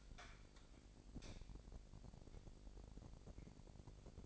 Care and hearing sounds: daily activity, microphone in the room; light on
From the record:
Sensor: 5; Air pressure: 1012.0 hPa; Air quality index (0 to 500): 247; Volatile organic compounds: 5 ppm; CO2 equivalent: 1706 ppm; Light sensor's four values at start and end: 40/92/39/41 and 41/98/40/43

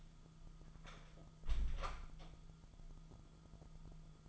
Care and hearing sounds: daily activity, microphone in the room; close door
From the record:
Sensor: 5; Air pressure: 1005.1 hPa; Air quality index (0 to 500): 96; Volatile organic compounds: 2 ppm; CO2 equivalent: 1168 ppm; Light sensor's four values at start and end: 35/81/33/31 and 35/82/33/31

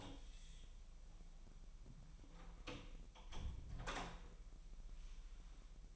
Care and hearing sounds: daily activity, microphone in the room; close door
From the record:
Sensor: 1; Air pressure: 1001.2 hPa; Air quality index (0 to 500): 248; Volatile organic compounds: 144 ppm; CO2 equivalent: 3998 ppm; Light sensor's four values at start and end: 12/30/12/13 and 12/29/12/13

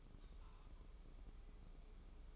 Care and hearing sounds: daily activity, microphone in the room; take from stove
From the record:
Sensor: 1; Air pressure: 995.5 hPa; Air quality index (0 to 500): 30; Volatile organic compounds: 1 ppm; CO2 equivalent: 553 ppm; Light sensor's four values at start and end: 29/102/39/40 and 29/102/39/40

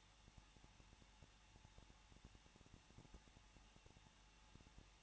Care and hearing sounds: daily activity, microphone in the room; no activity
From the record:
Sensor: 1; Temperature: 20.1 degrees Celsius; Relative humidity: 39.2%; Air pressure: 1006.3 hPa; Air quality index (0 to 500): 218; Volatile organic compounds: 78 ppm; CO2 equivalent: 3588 ppm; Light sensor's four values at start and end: 1/2/1/1 and 1/2/1/1

